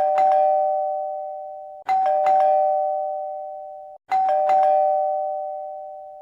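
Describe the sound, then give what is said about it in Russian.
A doorbell rings three times in quick succession, each press a bright two-tone chime with a sharp strike that hangs and slowly fades before the next, sounding loud and insistent with no voices. “Раздался настойчивый звонок в дверь.”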